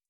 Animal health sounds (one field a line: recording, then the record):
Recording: hydrophone in a shrimp aquaculture tank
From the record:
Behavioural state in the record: starved